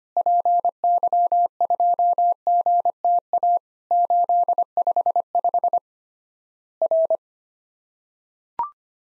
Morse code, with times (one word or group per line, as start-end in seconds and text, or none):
0.2-3.6 PY2GTA
3.9-5.8 855
6.8-7.2 R